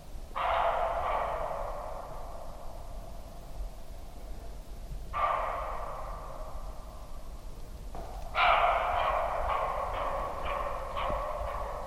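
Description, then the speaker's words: Roe deer barking: three hoarse, rasping barks spaced several seconds apart, the last one loudest, over a low background hiss. Male roe deer (buck) calling during a cold evening walk; the voice can frighten people who do not know it. "No ale też odzywała się sarna, czyli tak naprawdę kozioł. I posłuchajcie sobie, bo to fajny taki głos kozła sarny."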